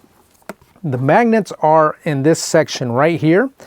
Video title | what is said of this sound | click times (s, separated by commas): Benks 12.9 Ipad Pro Wireless Keyboard Case - Secure your device and add functionality | so all you got to do is just hover it over and it'll immediately snap into place | 0.5 s